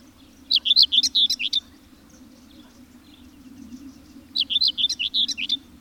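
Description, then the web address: Bird song of high, rapid, warbling phrases about a second long, two heard with a few seconds of low humming background between them. "madarak enek"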